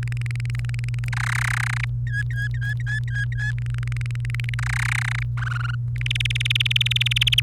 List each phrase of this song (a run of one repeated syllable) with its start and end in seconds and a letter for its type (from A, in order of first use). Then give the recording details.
0.03-1.09 A, 1.13-1.85 B, 2.06-3.51 C, 3.58-4.54 A, 4.59-5.23 B, 5.37-5.75 D, 5.95-7.40 E. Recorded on 28 April 2018 at 11:20. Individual llb3